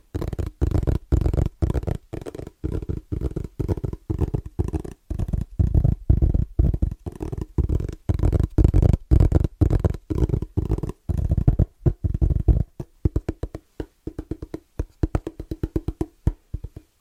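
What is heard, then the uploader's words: Fast, rhythmic tapping, heavy and low in tone, with short dense bursts separated by brief silences. Dry throughout, the taps quicken in the last few seconds into rapid, lighter clusters. ASMR Pure Fast & Rhythmic Tapping (No Talking).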